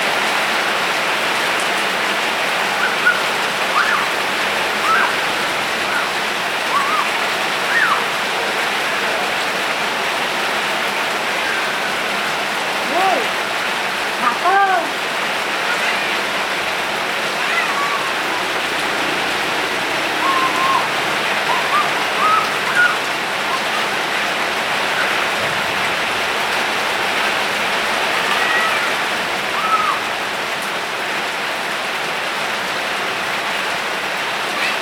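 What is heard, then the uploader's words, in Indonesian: Steady, dense rain hisses throughout, with scattered brief chirps and drips popping out, most noticeably around fifteen and twenty-two seconds. Suara Hujan, Benar-benar Suara Hujan.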